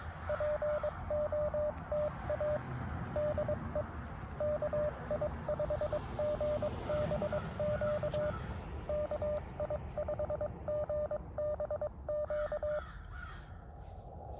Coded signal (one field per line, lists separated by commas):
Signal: Morse code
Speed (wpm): 23 wpm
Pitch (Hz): 600 Hz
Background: radio noise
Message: POTA DE KI5GBQ KI5GBQ